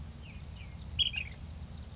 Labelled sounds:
Ash-throated Flycatcher (Myiarchus cinerascens)

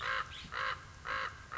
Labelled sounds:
Common Raven (Corvus corax)

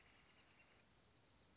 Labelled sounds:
Dark-eyed Junco (Junco hyemalis)

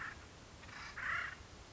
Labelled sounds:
Acorn Woodpecker (Melanerpes formicivorus)

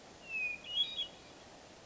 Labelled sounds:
Hermit Thrush (Catharus guttatus)

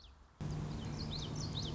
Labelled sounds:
Common Yellowthroat (Geothlypis trichas)

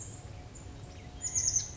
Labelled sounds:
Chestnut-backed Chickadee (Poecile rufescens)

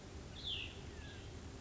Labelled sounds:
Cassin's Vireo (Vireo cassinii)

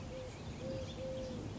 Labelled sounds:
Eurasian Collared Dove (Streptopelia decaocto)

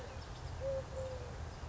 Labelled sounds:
Eurasian Collared Dove (Streptopelia decaocto)

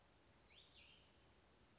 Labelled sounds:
Cassin's Vireo (Vireo cassinii)

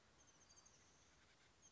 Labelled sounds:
Oak Titmouse (Baeolophus inornatus)

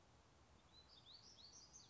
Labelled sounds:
Black-throated Gray Warbler (Setophaga nigrescens)

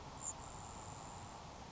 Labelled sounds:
Grasshopper Sparrow (Ammodramus savannarum)

